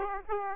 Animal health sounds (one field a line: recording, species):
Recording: mosquito wingbeat signal from an infrared sensor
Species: Aedes aegypti